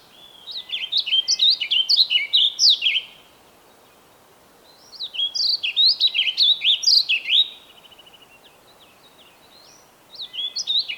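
Bird song delivered in repeated phrases of quick, high, jumbled whistled notes, each about three seconds long, separated by short pauses.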